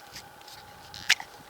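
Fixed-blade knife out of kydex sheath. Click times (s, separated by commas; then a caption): 1.1 s. A Mora Garberg carbon steel fixed-blade knife is pulled from its kydex sheath against a quiet background. The retention releases with a sharp, bright snap at 1.1 s, with a few fainter ticks just before and after. The knife pops right out, a very good fit.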